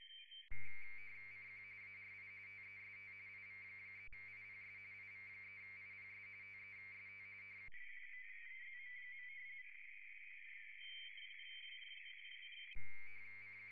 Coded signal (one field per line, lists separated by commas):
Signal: RTTY